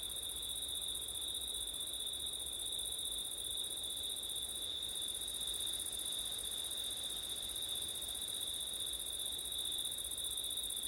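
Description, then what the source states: Cricket: steady shrill trilling of crickets in two high bands, with a brief dip in the top band midway and a gentle wind hiss below. Several crickets singing on a windy September night.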